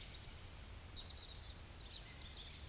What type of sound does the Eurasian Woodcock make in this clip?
whistle